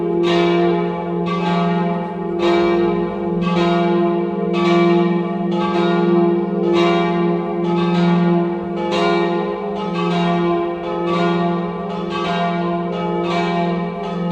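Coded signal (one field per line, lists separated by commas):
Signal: bell signal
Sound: church bells ringing in steady repeated strokes, about twelve strikes with long ringing overtones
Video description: Battiore e dopli (dura 2 minuti e mezzo) delle 17:30 per la Messa prefestiva delle 18:00 nella vigilia della Solennità di Tutti i Santi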